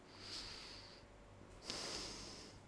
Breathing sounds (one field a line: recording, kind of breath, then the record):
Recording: one breath in and out by a microphone near the nose and mouth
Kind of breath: deep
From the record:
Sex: male